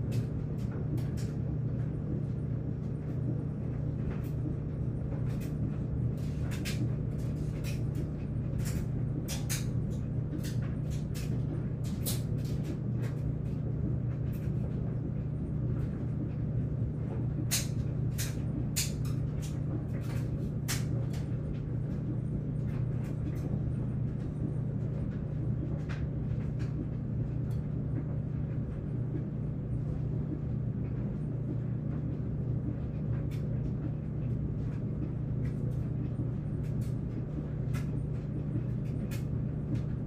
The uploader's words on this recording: Drying Clothes - Drying Machine Running. The sound of a humming dryer.